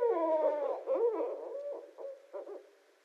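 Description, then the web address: Barred owl's excited cackles and drawn-out wails, fading into a few softer, scattered hoots. Recorded 24 February 2012. "Barred Owl 2012 02 24 Barred Owl"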